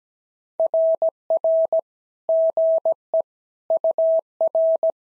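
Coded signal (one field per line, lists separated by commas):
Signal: Morse code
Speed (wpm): 17 wpm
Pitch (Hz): 650 Hz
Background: none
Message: RR GE UR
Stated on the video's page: Simulated SOTA Morse exchanges at 17 wpm, each sent in Morse, spoken, then sent again in Morse.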